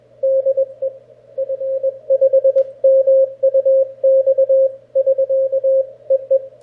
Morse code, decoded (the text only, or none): DE F5MUX <SK> EE